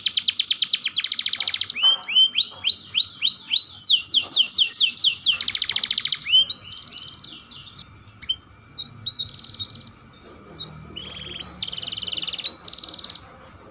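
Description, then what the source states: Canary song of repeated rapid trills and swooping slurred notes, then softer scattered notes and a final buzzy trill. Kenari singing a long roll song style (dor roll panjang), described as gacor, i.e. singing vigorously.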